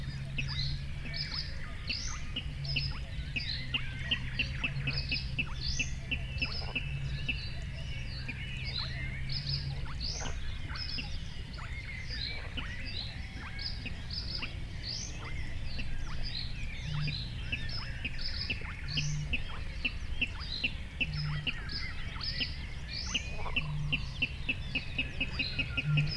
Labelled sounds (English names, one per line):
Spotted Crake